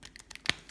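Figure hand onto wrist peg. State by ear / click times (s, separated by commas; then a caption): seated / 0.5 s. A swap hand is pushed onto the wrist peg of a plastic S.H. Figuarts Infinity War Hulk action figure, with a few faint small ticks of handling. A sharp plastic click sounds at 0.5 s as the hand pops onto the peg and seats.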